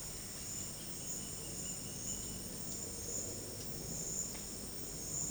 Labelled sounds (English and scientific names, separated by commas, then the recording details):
none
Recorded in dense forest near Puerto Asís, Putumayo, Colombia, on 4 March 2025 at 11:30
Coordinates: 0.481, -76.323
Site G088